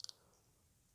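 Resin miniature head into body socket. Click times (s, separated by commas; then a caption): 0.0 s, 0.1 s. A resin head for a large miniature is pressed into the body socket and snaps into place. Two sharp clicks are heard at 0.0 s and 0.1 s, followed by quiet, and the head is seated.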